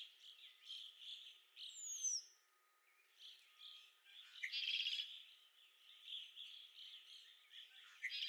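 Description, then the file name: Red-winged blackbird song: a short low note dropping into a harsh buzzy trill, heard once, over a dense chorus of other chirping birds. Recorded at Okalees on 5 May 2021. "2021-05-05 RWBL 26 Okalees"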